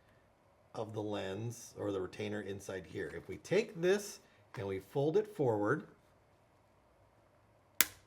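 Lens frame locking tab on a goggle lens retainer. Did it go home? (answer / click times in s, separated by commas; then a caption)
released / 7.8 s. Someone talks, then the plastic locking tab inside a JT ProFlex QLS paintball goggle frame is folded forward. It unhooks from the lens retainer tab with one sharp click at 7.8 s, releasing it.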